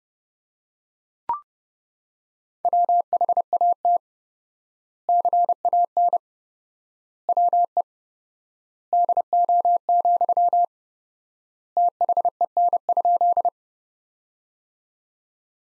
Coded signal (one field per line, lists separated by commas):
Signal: Morse code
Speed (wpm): 30 wpm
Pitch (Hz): 700 Hz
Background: none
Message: WHAT CAN WE DO, THEN?